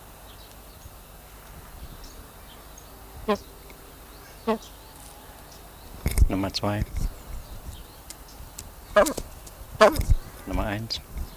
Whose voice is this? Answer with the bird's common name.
Blue Eared Pheasant